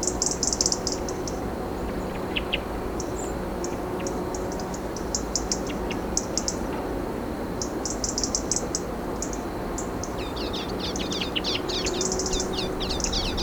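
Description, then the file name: European robin song: thin high chirps and trills, ending in a run of quick descending whistled notes, over steady low background noise. "Erithacus rubecula"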